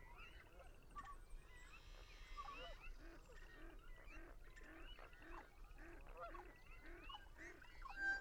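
Bird calls: a busy chorus of nasal honking calls mixed with higher whistled notes, with a louder burst right at the end.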